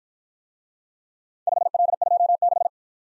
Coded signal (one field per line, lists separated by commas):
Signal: Morse code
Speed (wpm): 53 wpm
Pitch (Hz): 700 Hz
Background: none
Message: 5L26